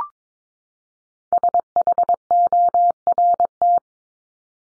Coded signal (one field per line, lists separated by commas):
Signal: Morse code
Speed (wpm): 22 wpm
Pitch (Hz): 700 Hz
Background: none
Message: SHORT